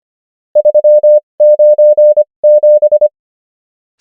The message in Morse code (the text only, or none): 397